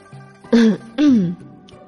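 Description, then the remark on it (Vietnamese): Two short, throaty coughs in quick succession, the second slightly longer than the first, loud and voiced against a quiet background with no talking. “Tôi ho hai tiếng, miễn cưỡng chống đỡ.”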